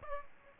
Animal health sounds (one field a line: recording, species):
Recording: mosquito wingbeat signal from an infrared sensor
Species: Aedes aegypti